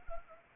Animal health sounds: mosquito wingbeat signal from an infrared sensor; Anopheles arabiensis

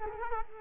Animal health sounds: mosquito wingbeat signal from an infrared sensor; Culex quinquefasciatus

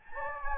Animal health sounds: mosquito wingbeat signal from an infrared sensor; Anopheles gambiae

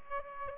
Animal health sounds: mosquito wingbeat signal from an infrared sensor; Aedes aegypti

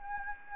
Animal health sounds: mosquito wingbeat signal from an infrared sensor; Anopheles gambiae

